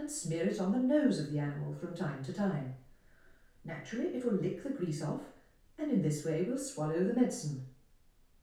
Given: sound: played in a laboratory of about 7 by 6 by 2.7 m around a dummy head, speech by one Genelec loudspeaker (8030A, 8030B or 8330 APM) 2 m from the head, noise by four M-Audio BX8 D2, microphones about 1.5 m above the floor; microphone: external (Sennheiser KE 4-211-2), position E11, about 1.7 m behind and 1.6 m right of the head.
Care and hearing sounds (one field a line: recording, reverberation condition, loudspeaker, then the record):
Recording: female speech in English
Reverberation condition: medium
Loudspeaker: 120 degrees to the left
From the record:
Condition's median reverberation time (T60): about 510 ms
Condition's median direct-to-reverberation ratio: about -0.5 dB